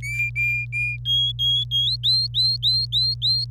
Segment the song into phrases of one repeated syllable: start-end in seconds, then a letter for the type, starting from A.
0.02-0.97 A, 1.05-1.97 B, 2.03-3.45 C